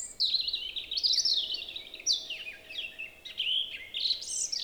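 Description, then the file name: European robin song: a continuous run of high, varied warbled phrases and trills. "Erithacus rubecula"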